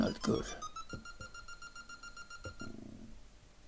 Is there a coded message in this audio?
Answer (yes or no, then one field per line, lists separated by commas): no